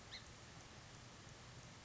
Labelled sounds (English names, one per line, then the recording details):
Song Sparrow
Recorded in Sonoma County, California